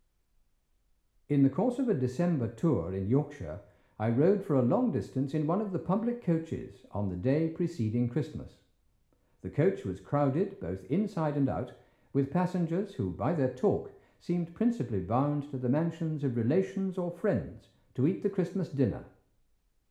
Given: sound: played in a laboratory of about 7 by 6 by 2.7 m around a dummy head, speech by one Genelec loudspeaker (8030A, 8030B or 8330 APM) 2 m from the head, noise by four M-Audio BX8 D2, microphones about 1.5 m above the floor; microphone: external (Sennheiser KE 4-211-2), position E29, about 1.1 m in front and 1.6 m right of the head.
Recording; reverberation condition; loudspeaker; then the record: male speech in English; medium; 60 degrees to the right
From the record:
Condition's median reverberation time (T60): about 510 ms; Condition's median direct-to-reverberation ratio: about -0.5 dB